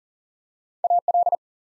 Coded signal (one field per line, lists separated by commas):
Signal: Morse code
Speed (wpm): 38 wpm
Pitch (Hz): 700 Hz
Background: none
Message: AL